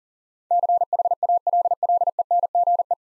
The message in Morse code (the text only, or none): CHALLENGE